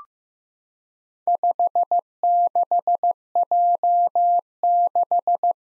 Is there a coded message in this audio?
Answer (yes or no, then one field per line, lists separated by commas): yes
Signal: Morse code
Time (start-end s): 1.3-5.5 s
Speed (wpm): 15 wpm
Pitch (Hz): 700 Hz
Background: none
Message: 56J6